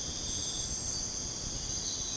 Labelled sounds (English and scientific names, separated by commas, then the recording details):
none
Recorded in dense forest near Puerto Asís, Putumayo, Colombia, on 22 June 2025 at 03:00
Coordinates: 0.486, -76.317
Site G065